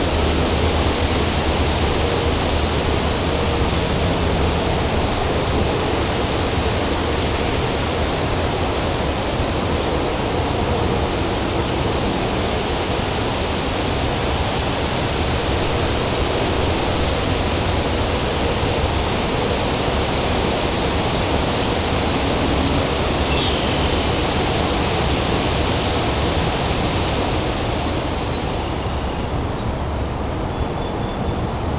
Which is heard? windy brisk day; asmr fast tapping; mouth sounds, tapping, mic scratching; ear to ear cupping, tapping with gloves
windy brisk day